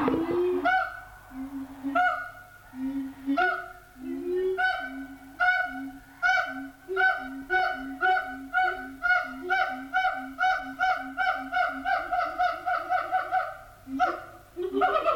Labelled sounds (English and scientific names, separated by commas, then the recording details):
Siamang (Symphalangus syndactylus)
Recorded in captivity
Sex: diverse
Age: diverse
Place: Zoo Berlin, Berlin, DE
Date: 1984-12-07 10:25
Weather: sonnig, 5°C
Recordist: Tembrock, Günter